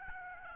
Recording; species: mosquito wingbeat signal from an infrared sensor; Aedes albopictus